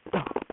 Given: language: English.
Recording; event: throat vibration sensor signal played as sound; cough